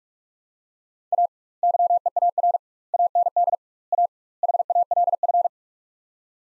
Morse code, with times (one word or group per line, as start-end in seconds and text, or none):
1.1-1.3 A
1.6-2.6 YEAR
2.9-3.5 AND
3.9-4.1 A
4.4-5.5 HALF